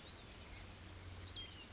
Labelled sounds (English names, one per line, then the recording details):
Oak Titmouse
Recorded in Sonoma County, California